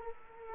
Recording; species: mosquito wingbeat signal from an infrared sensor; Culex quinquefasciatus